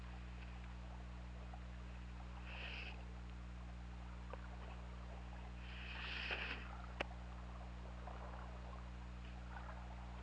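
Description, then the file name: Killer whale calls: two short, harmonic-rich pulsed calls, near the start and in the middle, over a constant low underwater hum and one sharp click. Recorded by hydrophone on 16 February 2018 at 19:44. "Orca Lab"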